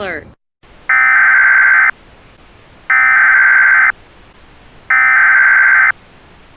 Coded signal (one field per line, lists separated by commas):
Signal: Emergency Alert System (SAME) tones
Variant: header bursts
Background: speech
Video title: (EAS Scenario) Lulled into Rescue